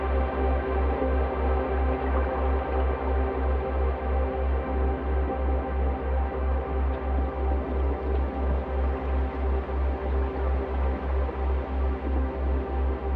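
A swirling drone built from a slowed, resonated dishwasher recording. A steady low pulse throbs regularly, about twice per second, under a dense, sustained layer of tones and hiss that shifts only slightly across the whole stretch, with no distinct events.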